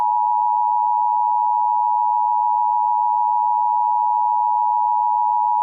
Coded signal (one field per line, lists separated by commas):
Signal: Emergency Alert System (SAME) tones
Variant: 853 and 960 Hz attention tone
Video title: EAS Scenario - The Jellyfish